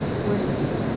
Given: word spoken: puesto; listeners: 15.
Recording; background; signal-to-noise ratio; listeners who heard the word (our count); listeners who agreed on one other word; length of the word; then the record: one Spanish word in noise, from a listening test; speech-shaped noise; -6.2 dB; 0 of 15; 9 of 15; 0.56 s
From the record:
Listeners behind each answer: 9, 3, 1, 1, 1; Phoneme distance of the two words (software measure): 20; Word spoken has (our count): 2 syllables, 6 phonemes, stress on syllable 1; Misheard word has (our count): 2 syllables, 6 phonemes, stress on syllable 1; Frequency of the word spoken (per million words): 217.97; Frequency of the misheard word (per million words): 40.05